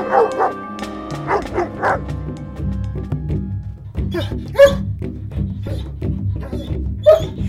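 A dog barks in a run of short, sharp yaps, then a few louder, higher barks break out later, all over a steady low humming backdrop with no talking.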